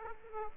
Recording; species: mosquito wingbeat signal from an infrared sensor; Aedes aegypti